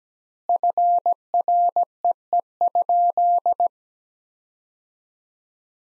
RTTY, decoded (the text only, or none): none